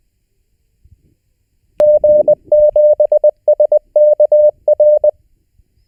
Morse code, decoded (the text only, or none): G7SKR